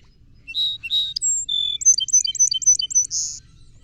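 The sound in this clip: Song sparrow song opening with paired buzzy notes and a thin whistle, then a steady tone, a fast trill of repeated paired notes and a final buzzy burst.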